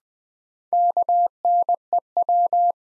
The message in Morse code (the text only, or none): KNEW